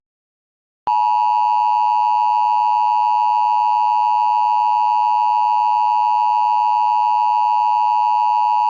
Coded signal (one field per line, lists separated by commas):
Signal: Emergency Alert System (SAME) tones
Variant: 853 and 960 Hz attention tone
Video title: EAS Mock: Not again....